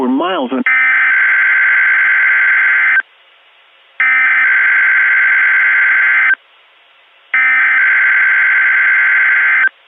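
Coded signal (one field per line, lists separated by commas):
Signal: Emergency Alert System (SAME) tones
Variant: header bursts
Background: speech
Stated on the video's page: Fictional EAS scenario containing valid EAS tones.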